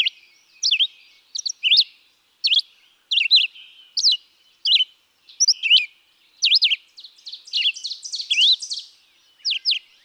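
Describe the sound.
Red-eyed vireo song of brisk, up-and-down whistled phrases given one after another with short gaps, and a rougher chattering burst near the end.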